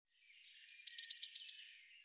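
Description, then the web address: Eurasian blue tit calling with two high, thin whistled notes followed by a rapid series of six clipped, buzzy notes, against clean silence. "cianscape birddata Deverinetal 2025 File cleaned normalized Bird Cy Ca"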